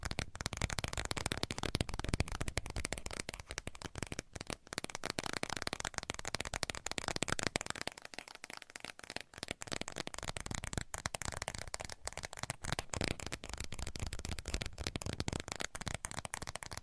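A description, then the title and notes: Fast tapping runs continuously in dense, rapid clicks that rattle like shuffled cards, keeping a steady pace with brief thinner stretches around eight seconds. ASMR 1 Hour Fast Tapping for Sleep (No Talking).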